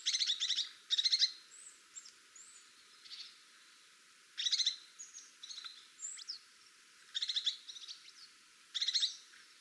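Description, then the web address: Crested tit giving rapid buzzy trilled phrases in repeated bursts, with thin high chips and whistles filling the gaps between phrases. "birdify Lophophanes cristatus"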